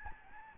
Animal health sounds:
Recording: mosquito wingbeat signal from an infrared sensor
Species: Aedes albopictus

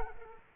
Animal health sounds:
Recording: mosquito wingbeat signal from an infrared sensor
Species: Culex quinquefasciatus

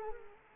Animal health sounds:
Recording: mosquito wingbeat signal from an infrared sensor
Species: Culex quinquefasciatus

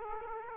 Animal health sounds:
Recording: mosquito wingbeat signal from an infrared sensor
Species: Aedes aegypti

